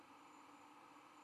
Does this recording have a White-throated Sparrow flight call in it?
no